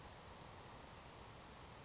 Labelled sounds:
Savannah Sparrow

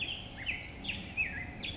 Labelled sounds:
Black-headed Grosbeak

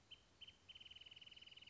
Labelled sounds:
Wrentit

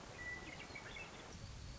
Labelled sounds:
Western Meadowlark

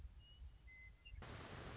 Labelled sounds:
Western Meadowlark

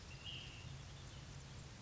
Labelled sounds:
Ash-throated Flycatcher

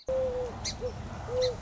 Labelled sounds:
Song Sparrow

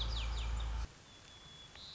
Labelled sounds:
White-crowned Sparrow

